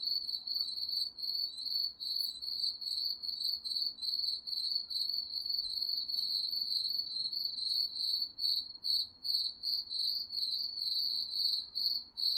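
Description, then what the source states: High, shrill cricket chirps stream almost continuously, pulsing in quick bursts, with a steady low hiss underneath. Crickets chirping at night.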